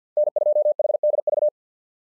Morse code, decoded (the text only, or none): N2HDV